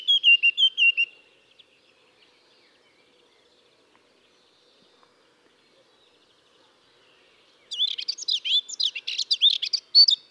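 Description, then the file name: Eurasian blackcap song, the tail of a fluty whistled phrase, then about six seconds of near silence before a new burst of fast, scratchy warbling begins. "Sylvia atricapilla"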